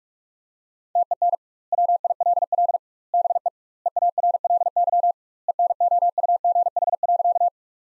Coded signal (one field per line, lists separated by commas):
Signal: Morse code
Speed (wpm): 48 wpm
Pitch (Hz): 700 Hz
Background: none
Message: TEN WILL BE EARLY ENOUGH.